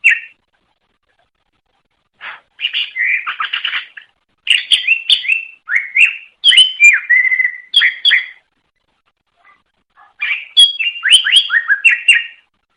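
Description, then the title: Greater green leafbird song of fast, varied whistles and chirps, delivered in several lively bursts separated by brief silences. Banyuwangi cucak ijo; master song for training other birds; gacor ngeplong singing style; bird described as a national champion. "mster Mnuk. Suara Cucak Ijo Banyuwangi Gacor Ngeplong Master. Masteran Cucak Ijo Juara Nasional"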